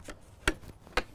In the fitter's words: that locks in place like